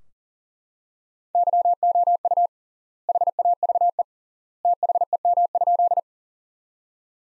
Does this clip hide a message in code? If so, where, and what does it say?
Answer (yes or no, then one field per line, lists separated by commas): yes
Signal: Morse code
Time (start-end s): 1.4-6.0 s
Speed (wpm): 40 wpm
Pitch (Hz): 700 Hz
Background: none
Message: YOU HAVE THEM?